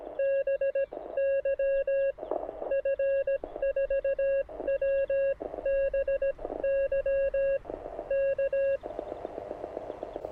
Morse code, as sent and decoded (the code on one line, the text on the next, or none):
-... -.-- / ..-. ....- .-- -... -.-- / -.-
BY F4WBY K